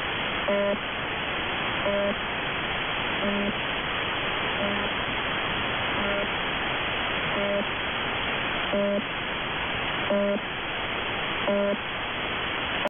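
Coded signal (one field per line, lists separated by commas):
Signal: channel marker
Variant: UVB-76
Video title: 4625 kHz, Russian 'Buzzer', UVB-76, has new sound. It sounds cheap.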